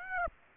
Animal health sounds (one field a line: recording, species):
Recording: mosquito wingbeat signal from an infrared sensor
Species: Aedes aegypti